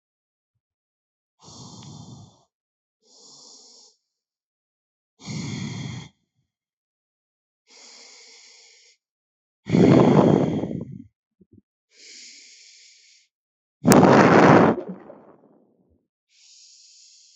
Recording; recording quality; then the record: deep breathing; excellent, no background noise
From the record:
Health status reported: healthy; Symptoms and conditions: none ticked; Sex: male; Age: 29 years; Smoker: yes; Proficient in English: yes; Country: India